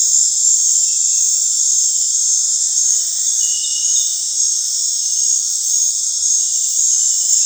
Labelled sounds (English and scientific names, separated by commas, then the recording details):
none
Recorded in dense forest near Puerto Asís, Putumayo, Colombia, on 21 December 2024 at 19:00
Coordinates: 0.468, -76.322
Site G071